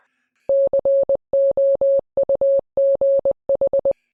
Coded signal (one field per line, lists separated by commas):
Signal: Morse code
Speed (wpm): 20 wpm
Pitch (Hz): 550 Hz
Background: none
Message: COUGH